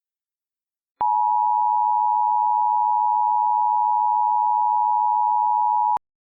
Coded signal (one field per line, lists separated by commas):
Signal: Emergency Alert System (SAME) tones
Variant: 853 and 960 Hz attention tone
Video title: EAS Scenario: Absolutely Radioactive Part 8